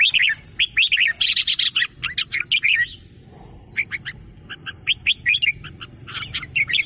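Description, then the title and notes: Sooty-headed bulbul giving a long run of quick, liquid chirps and warbled notes, briefly pausing midway before resuming. Singing prolifically (gacor). "kutilang gacor"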